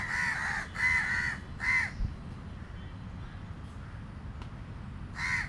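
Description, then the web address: Crow cawing: three rough caws in quick succession, a pause with low background noise, then one more caw at the end. Street in South India, 2018. "2018 South India street recordings birds. crows"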